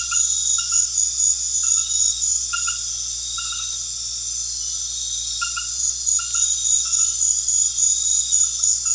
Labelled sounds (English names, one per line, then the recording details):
none
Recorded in pastures near Puerto Asís, Putumayo, Colombia, on 4 March 2025 at 20:30
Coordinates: 0.502, -76.324
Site GP07